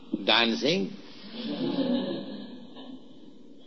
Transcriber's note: laughter